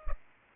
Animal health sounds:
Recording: mosquito wingbeat signal from an infrared sensor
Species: Culex pipiens

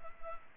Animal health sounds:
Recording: mosquito wingbeat signal from an infrared sensor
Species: Culex pipiens

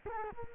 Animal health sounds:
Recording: mosquito wingbeat signal from an infrared sensor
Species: Culex quinquefasciatus

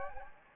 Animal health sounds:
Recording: mosquito wingbeat signal from an infrared sensor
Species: Anopheles gambiae

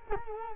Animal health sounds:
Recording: mosquito wingbeat signal from an infrared sensor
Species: Culex quinquefasciatus

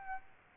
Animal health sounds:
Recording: mosquito wingbeat signal from an infrared sensor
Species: Aedes aegypti

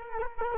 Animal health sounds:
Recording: mosquito wingbeat signal from an infrared sensor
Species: Culex quinquefasciatus

